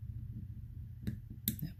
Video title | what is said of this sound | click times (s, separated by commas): Let's build a Quad 4: E6 | and that's it. I heard it snap. | 1.5 s